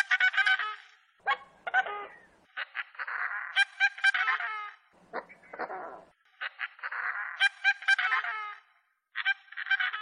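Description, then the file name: Coscoroba swan producing harsh honking phrases, several quick trumpeting notes per burst, alternating with lower scratchy calls and short silences. "Canto do capororoca"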